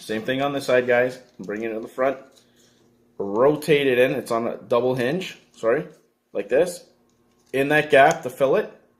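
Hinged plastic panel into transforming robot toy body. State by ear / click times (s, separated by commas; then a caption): not seated / none. A plastic panel on a double hinge is handled on a transforming robot toy body, being rotated and folded toward a gap it fills, where it locks into notches. Someone talks throughout with short pauses, and no distinct handling clicks stand out. Nothing has seated or clicked into place yet by the end of the clip.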